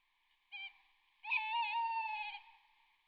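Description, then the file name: Tawny owl call: a short opening hoot, a brief pause, then a longer hollow note with a wavering, tremulous quality. "bosuil"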